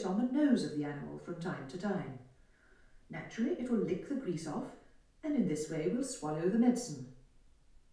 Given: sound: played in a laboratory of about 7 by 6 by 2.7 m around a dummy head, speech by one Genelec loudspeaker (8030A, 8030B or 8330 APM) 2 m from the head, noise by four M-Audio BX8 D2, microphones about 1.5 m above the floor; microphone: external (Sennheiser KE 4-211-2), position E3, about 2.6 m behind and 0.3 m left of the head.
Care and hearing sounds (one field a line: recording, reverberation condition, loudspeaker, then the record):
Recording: female speech in English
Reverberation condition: medium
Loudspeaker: 60 degrees to the right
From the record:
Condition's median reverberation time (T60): about 510 ms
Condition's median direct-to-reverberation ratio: about -0.5 dB